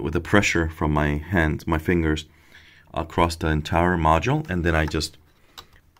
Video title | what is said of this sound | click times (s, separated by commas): Tech Tip: How to reseat the memory on Dell Optiplex 380, Optiplex 745 or 755 | push in until it clicks on both sides so you | 5.6 s, 5.8 s